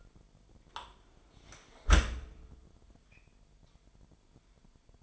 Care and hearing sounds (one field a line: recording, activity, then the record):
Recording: daily activity, microphone in the room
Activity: close dishwasher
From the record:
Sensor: 5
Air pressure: 998.4 hPa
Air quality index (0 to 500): 84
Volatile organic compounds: 1 ppm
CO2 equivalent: 956 ppm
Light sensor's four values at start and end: 20/48/20/22 and 20/48/20/22